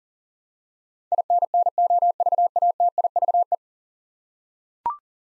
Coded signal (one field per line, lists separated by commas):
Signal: Morse code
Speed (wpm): 37 wpm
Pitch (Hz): 700 Hz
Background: none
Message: INNOVATIVE